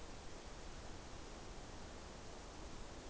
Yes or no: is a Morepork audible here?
no